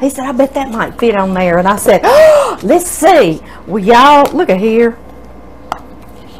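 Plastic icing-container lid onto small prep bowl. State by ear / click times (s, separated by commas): seated / 5.7 s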